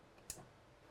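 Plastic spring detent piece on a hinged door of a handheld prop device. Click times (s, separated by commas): 0.3 s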